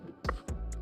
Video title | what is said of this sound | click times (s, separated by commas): AULA MANUTENÇÃO PREVENTIVA ( DESMONTAGEM E LIMPEZA ) DE VIDEOGAME | Ele faz um clique, | 0.3 s